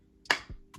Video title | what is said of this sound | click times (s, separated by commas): MY FAVORITE FALL & WINTER FRAGRANCES 2022 ❄️🍂 - the best affordable to high end perfumes! | the packaging is bomb and it snaps in place like this let me show you | 0.3 s